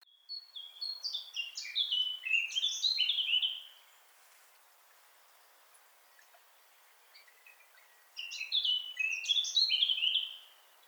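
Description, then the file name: Eurasian blackcap singing two bright, tumbling warbled phrases of quick varied notes, separated by a silent gap of roughly four seconds. "Sylvia atricapilla"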